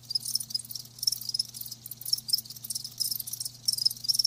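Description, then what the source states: Crickets chirping high in clustered bursts roughly every second, with a faint low drone beneath. Live crickets chirping, a lulling song.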